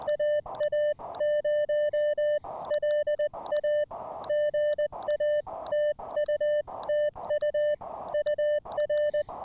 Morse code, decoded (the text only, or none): AA0LA GA TU TU UR